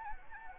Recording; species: mosquito wingbeat signal from an infrared sensor; Anopheles gambiae